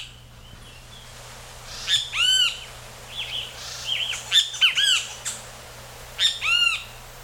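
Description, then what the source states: Great Kiskadee calls, loud harsh arched notes in three bursts with softer chattering notes between, against a quiet background hum. Large, vocal flycatcher; call sounds like the bird saying its name, 'kiskadee' or 'kicker'.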